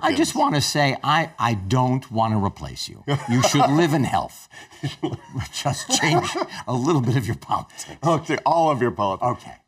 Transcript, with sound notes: I– I just wanna say, I– I don’t wanna replace you. You should live in health. (LAUGHTER) little bit of your politics.
Okay. All of your politics.
Okay.